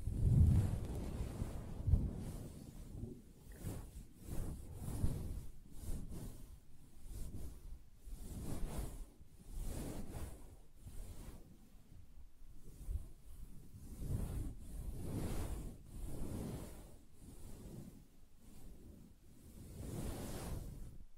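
Soft fabric is tapped and scratched in a steady run of muffled brushing strokes, roughly one or two each second, mostly low and dull with a faint hiss on top. The rhythm stays fairly even throughout, with slightly heavier rubs near the start.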